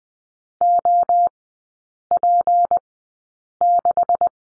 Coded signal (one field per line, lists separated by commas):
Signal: Morse code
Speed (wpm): 20 wpm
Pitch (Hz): 700 Hz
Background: none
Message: OP6